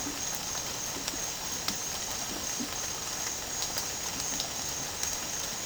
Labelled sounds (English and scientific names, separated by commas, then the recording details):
none
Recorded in dense forest near Puerto Asís, Putumayo, Colombia, on 12 March 2025 at 08:00
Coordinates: 0.467, -76.328
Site G041